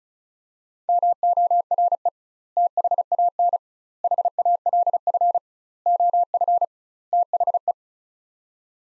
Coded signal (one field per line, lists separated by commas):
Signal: Morse code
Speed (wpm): 36 wpm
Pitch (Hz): 700 Hz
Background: none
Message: MORE THAN HALF OF THE